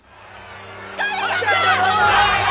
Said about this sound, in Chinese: 双方走进场地，顿时欢呼声一片。作为这一轮的重头戏，史莱克学院战队与苍辉学院战队的比赛地点无疑又被安排在了中心主擂台上。